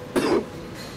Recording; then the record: coughing mixed with background sound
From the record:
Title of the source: Coughing 77